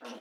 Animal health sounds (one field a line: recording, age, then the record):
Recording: pig call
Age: piglet (1 to 25 days)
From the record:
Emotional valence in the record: negative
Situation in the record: restrain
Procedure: in the arms of a person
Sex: female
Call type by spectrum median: low-frequency call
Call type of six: low-frequency stable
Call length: 0.21 s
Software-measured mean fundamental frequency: 53 Hz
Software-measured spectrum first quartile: 442 Hz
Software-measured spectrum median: 959 Hz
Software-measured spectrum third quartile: 2459 Hz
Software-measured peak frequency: 488 Hz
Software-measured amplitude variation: 74 dB a second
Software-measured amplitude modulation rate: 12.0 a second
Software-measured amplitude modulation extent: 6.1 dB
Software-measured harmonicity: 0.4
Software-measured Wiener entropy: -1.29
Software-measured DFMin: 1009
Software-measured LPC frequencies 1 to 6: 576, 1307, 2803, 3472, 4303, 5536 Hz